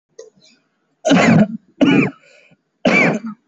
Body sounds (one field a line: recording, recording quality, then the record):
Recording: heavy voluntary cough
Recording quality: excellent, no background noise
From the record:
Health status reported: healthy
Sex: male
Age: 20 years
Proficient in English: yes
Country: India